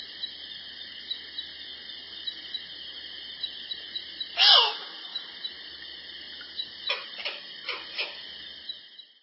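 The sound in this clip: Rufous night heron uttering one rasping, descending croak against continuous insect trilling, followed by a few sharp clicks.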